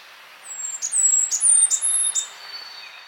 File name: Setophaga fusca - Blackburnian Warbler